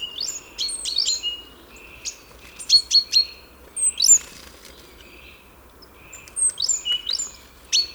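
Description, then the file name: Great tit calls: busy bursts of high chirps and sweeping notes in several clusters, separated by brief quiet gaps. "Parus major"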